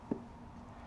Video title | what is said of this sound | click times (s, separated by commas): DIY Honda CRF300L Filter Swap - K&N to Twin Air | Hear that little click? | 0.1 s